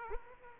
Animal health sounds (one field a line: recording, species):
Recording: mosquito wingbeat signal from an infrared sensor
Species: Aedes aegypti